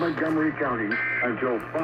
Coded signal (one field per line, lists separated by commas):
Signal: Emergency Alert System (SAME) tones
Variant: end-of-message bursts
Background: speech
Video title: Eas svr on KUHF 88.7fm. Kacc 89.7fm And new station found KREH 900am Eas#1173- 1175)